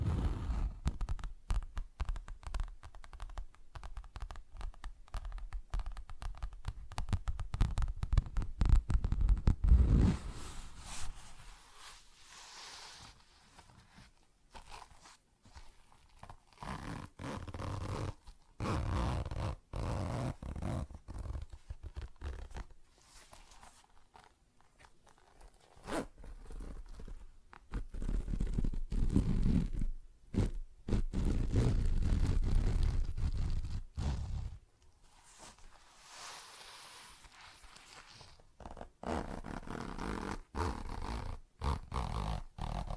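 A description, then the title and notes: Dense scratching and tapping, with louder rough bursts near the start and around thirty seconds. ASMR Tapping, Scratching & Zipper Sounds (No Talking).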